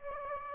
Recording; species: mosquito wingbeat signal from an infrared sensor; Aedes aegypti